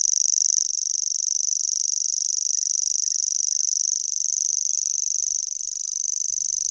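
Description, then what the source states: Common Grasshopper Warbler song, a sustained high ticking reel, evenly pulsed and unchanging, with a faint low thump near the end. Monotonous voice heard at night; very similar to Savi's warbler, the difference being slight.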